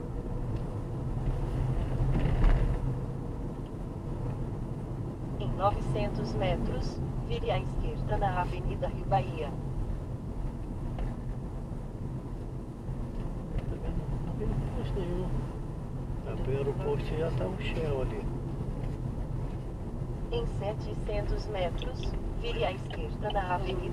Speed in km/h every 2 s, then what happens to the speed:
42, 42, 39, 36, 34, 36, 37, 37, 37, 37, 35, 34.
0-7 slows to 34. 7-18 steady at about 37.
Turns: none.